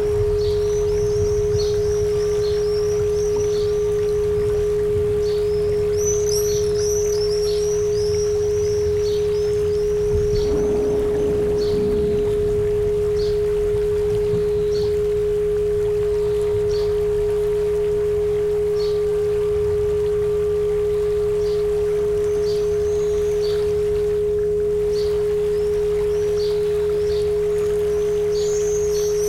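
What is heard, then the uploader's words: Birds chirp and trill high up through the whole recording, busiest in the first half, over a low rushing bed. A steady humming tone runs unbroken beneath everything, and a brief rumble of thunder swells around ten to thirteen seconds. Solfeggio Frequency 963 Hz Down To 63 Hz. Thunder-Rain-River-Birds.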